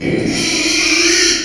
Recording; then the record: squeal of a Yucatan mini pig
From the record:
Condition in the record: after surgery on the right vocal fold (resection and tissue-engineered implant); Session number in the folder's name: 2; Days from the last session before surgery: 13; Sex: male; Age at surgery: 12 weeks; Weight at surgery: 13 kg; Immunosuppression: cyclosporine, prednisolone